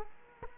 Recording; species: mosquito wingbeat signal from an infrared sensor; Culex quinquefasciatus